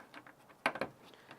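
A plastic push-tab retainer clip is popped into its hole in the front radiator support trim panel of a 2nd Gen Toyota Tacoma during headlight reinstallation. A sharp plastic snap at 0.7 s is followed by a couple of smaller clicks and faint taps. The clip seats and is locked into place.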